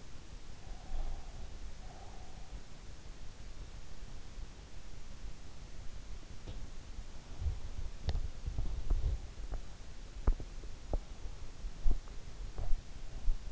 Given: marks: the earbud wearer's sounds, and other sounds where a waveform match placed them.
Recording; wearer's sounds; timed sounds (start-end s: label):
sounds in sleep by an in-ear microphone; breath, teeth grinding
0.46-2.67 s: breath
6.21-13.52 s: teeth grinding